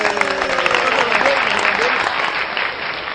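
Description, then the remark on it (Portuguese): Steady, dense applause from many hands fills the whole moment, with a brief voice calling out over the clapping before it starts to thin toward the end. “Palmas para ele.”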